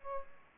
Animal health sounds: mosquito wingbeat signal from an infrared sensor; Aedes aegypti

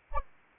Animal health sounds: mosquito wingbeat signal from an infrared sensor; Anopheles arabiensis

